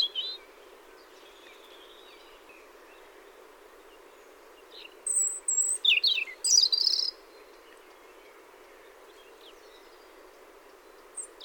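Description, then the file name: European robin song: a brief high, thin phrase of trills and sweet notes in the middle, surrounded by quiet stretches of low steady hiss. "rougegorge"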